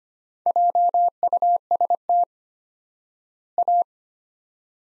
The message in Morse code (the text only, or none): JUST A